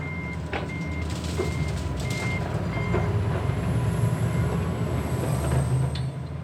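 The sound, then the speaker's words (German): A regional train at Kiez railway station, where it stops once an hour: a steady low rumbling drone fills the scene while a short high-pitched beep repeats at regular intervals over it, with no voices. “Nur das Hauptgebäude bleibt erhalten für den Regionalzug, der hier einmal pro Stunde hält.”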